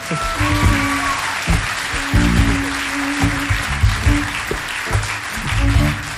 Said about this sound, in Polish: Wielkie brawa!